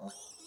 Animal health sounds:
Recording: pig call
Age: piglet (1 to 25 days)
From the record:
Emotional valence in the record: negative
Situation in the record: long isolation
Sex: male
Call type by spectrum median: high-frequency call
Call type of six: mixed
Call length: 0.47 s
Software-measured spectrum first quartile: 397 Hz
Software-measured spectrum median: 2502 Hz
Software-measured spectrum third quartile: 6790 Hz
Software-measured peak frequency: 683 Hz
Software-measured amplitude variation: 106 dB a second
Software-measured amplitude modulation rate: 17.0 a second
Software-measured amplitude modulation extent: 6.2 dB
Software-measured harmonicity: 4.3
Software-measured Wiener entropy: -2.98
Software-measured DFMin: 1068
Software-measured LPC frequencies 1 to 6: 641, 3125, 3563, 5532, 5857, 8061 Hz

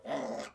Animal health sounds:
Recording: pig call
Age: piglet (1 to 25 days)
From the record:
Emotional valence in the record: negative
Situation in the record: restrain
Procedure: back test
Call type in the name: low-frequency call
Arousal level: maximum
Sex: female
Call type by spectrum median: low-frequency call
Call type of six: mixed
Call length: 0.55 s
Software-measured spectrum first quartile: 497 Hz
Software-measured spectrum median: 692 Hz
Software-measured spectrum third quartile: 1439 Hz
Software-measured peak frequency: 647 Hz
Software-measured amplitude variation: 170 dB a second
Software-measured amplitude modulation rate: 20.0 a second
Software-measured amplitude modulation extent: 8.5 dB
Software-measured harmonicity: 1.5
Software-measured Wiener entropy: -0.93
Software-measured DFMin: 1318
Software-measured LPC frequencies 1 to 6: 625, 1973, 3416, 5239, 6022, 6936 Hz

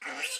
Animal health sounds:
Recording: pig call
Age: piglet (1 to 25 days)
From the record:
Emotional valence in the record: negative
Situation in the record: restrain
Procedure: in the arms of a person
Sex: female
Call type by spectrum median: high-frequency call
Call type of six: mixed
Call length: 0.40 s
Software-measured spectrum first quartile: 2134 Hz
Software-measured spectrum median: 3318 Hz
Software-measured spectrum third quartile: 6798 Hz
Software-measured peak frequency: 2667 Hz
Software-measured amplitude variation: 130 dB a second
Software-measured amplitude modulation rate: 17.5 a second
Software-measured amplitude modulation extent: 7.4 dB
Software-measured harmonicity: 1.0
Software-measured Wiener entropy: -1.82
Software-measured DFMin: 659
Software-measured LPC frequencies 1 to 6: 700, 1506, 2174, 2682, 4066, 4896 Hz

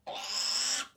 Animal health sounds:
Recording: pig call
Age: piglet (1 to 25 days)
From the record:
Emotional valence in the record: negative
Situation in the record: restrain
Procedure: back test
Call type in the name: high-frequency call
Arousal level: low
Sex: female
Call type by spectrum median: high-frequency call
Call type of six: high-frequency stable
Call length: 0.97 s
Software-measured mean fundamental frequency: 199 Hz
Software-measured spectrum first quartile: 2965 Hz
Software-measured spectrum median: 5111 Hz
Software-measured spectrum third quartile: 6019 Hz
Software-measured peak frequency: 5292 Hz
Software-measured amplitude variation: 147 dB a second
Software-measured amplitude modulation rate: 25.3 a second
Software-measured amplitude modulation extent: 5.8 dB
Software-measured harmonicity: 3.0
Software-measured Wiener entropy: -1.73

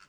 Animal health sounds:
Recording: pig call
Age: piglet (1 to 25 days)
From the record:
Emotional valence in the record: positive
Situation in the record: short reunion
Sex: female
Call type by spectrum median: low-frequency call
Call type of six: low-frequency tonal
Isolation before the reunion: 3 minutes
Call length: 0.09 s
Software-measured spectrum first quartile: 1362 Hz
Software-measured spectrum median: 2195 Hz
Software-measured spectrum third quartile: 4384 Hz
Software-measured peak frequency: 1327 Hz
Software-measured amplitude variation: 139 dB a second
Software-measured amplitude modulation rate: 5.4 a second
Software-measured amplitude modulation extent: 26.0 dB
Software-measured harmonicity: 2.2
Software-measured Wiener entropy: -1.22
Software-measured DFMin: 834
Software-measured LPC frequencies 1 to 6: 1372, 2660, 4494, 5495, 6620, 7490 Hz

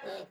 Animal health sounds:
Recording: pig call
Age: piglet (1 to 25 days)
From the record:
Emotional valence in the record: negative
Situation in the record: restrain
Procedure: back test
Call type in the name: low-frequency call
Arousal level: medium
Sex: male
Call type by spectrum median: low-frequency call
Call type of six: low-frequency stable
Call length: 0.31 s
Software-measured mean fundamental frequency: 52 Hz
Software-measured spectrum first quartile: 524 Hz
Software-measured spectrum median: 790 Hz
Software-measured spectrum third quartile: 2313 Hz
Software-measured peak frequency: 574 Hz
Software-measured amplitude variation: 120 dB a second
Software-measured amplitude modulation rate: 21.3 a second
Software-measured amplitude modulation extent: 5.6 dB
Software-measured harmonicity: 3.5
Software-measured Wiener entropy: -1.59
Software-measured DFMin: 1074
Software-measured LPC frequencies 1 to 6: 587, 1651, 2690, 3753, 4576, 6719 Hz

